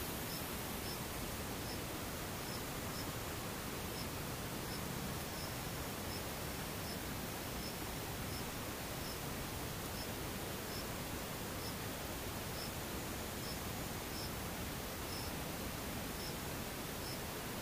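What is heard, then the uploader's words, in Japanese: A near-silent stretch filled by a steady, even hiss with no changes in level. Faint, high insect chirps tick through it at fairly regular intervals, roughly one or two each second, from start to finish. 無音たまにセミムシ。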